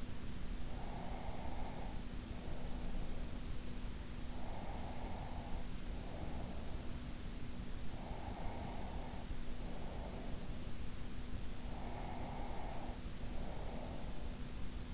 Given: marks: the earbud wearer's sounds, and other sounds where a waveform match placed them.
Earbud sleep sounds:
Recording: sounds in sleep by an in-ear microphone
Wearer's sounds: breath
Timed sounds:
0.93-3.33 s: breath
4.48-6.48 s: breath
7.48-10.48 s: breath
11.64-14.48 s: breath

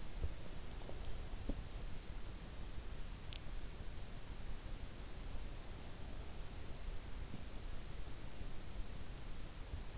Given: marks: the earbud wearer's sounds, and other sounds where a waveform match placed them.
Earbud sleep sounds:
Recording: sounds in sleep by an in-ear microphone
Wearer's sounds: teeth grinding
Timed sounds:
0.00-1.63 s: teeth grinding

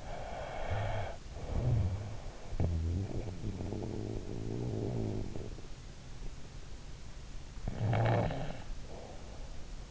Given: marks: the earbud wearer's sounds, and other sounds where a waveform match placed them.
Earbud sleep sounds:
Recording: sounds in sleep by an in-ear microphone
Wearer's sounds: snoring breath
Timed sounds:
0.00-5.77 s: snoring breath
7.51-9.49 s: snoring breath

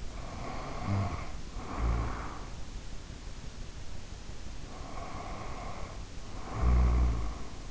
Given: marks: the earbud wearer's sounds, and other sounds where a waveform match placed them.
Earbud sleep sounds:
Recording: sounds in sleep by an in-ear microphone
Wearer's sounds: snoring breath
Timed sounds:
0.04-2.59 s: snoring breath
4.73-7.70 s: snoring breath

